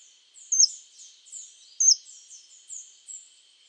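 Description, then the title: Scale-throated hermit giving sharp, high squeaky notes, two loud ones about 1.3 seconds apart among softer thin chips, over a steady high hum. Subspecies Phaethornis eurynome eurynome, assumed from the recording location. "LuckyPassaro Completos2Sama. Scale-throated Hermit (Phaethornis eurynome eurynome (ssp asumed from location))"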